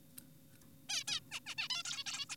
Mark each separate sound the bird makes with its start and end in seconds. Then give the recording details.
0.89-1.04, 1.08-1.20, 1.32-1.40, 1.46-1.55, 1.58-1.68, 1.70-1.83, 1.85-2.04, 2.06-2.26, 2.30-2.36. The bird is an adult. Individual g4p5U